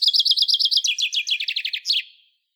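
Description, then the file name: Common chaffinch song, a quick series of repeated chipping notes stepping down in pitch through several phrases and finishing with a short flourish. "Fringilla coelebs"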